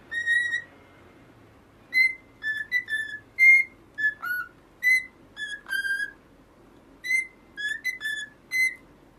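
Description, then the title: Cockatiel whistling clear short tonal notes, mostly level or slightly falling, in spaced groups with pauses between. Several cockatiels singing, whistled song. "Calopsitas Cantando Assobio"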